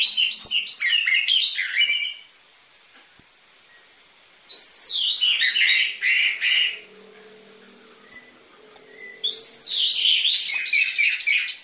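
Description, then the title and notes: Orange-headed thrush song delivered in three energetic bursts of tumbling, chattering notes, with gaps in between and a thin high tone constant in the background. Energetic (gacor) song used as a lure (pikat) and dense filler material for tutoring caged spotted (trotol) orange-headed thrushes. "PANCINGAN Anis Merah Gacor Materi Isian Rapat Cocok Untuk MASTERAN Anis Merah TROTOL. pikat"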